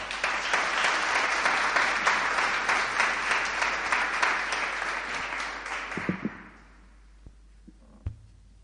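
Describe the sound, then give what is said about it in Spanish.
An audience applauds steadily to welcome an invited guest who will give a testimony and share a song, with dense, overlapping claps for about six seconds; then the clapping quickly dies away, leaving a few scattered late claps and soft thumps in near silence. “Le damos un aplauso.”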